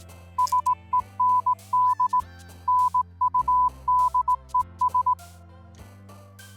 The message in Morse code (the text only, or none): SEND NUDES